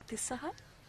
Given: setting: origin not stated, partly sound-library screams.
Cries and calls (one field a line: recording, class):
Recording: one-second piece from a danger detection set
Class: normal situation